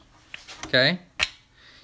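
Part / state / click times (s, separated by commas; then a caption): spark plug cap onto spark plug terminal / seated / 1.2 s. A rubber spark plug cap is pushed onto the spark plug terminal of a V-twin motorcycle engine while someone talks. It snaps on with a sharp click at 1.2 seconds, and the cap is seated.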